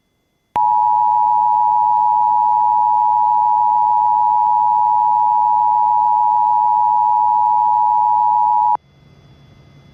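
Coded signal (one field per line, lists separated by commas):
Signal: Emergency Alert System (SAME) tones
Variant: 853 and 960 Hz attention tone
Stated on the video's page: Mock National Periodic Test alert tones, not a real broadcast.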